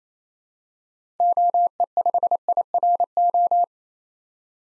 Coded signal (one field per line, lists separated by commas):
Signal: Morse code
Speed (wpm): 28 wpm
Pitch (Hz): 700 Hz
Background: none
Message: OE5IRO